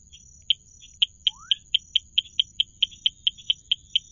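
Tree frog (Dendropsophus rubicundulus): a rapid series of crisp, high-pitched clicks, with a single faint upward-sliding whistle early on.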